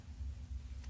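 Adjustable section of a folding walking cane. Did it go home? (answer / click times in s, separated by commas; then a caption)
no / none. Someone pushes down on the adjustable section of a folding quad-base walking cane standing on carpet, trying to set it, over a steady low rumble with a faint brief high-pitched burst near 0.8 s. The section does not click into place, and it feels flimsy.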